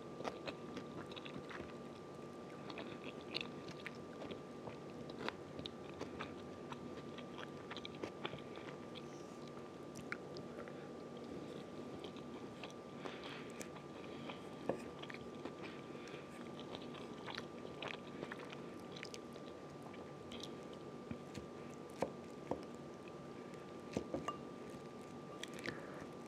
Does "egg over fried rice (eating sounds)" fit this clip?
yes